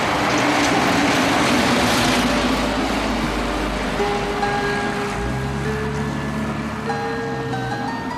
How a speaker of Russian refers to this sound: По разбитой проселочной дороге едет автомобиль.